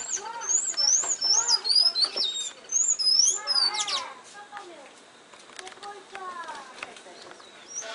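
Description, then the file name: Tanager song: high, thin squeaky notes in quick wavering phrases during the first three seconds, with some lower calls. "Sanhaço"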